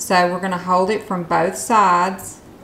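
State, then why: Not seated. The upper thread on a Brother ST150HDH sewing machine is held from both sides as it is brought to the first thread guide while someone talks. The thread has not yet clicked into the guide, so nothing has seated.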